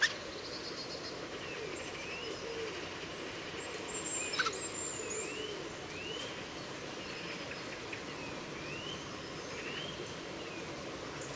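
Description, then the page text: Eurasian jay song: several soft arched whistles, each rising then falling, at irregular intervals, with a thin high whistle and a faint click mixed in. Two Eurasian jays singing, recorded near Leipzig, Germany, in March 2009. "March 2009 Two singing Eurasian Jays Garrulus glandarius, recorded in the vicinity. Eurasian Jay Garrulus glandarius, Leipzig, Germany"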